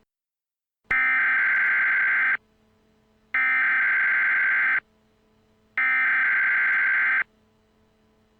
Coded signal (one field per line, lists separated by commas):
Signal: Emergency Alert System (SAME) tones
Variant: header bursts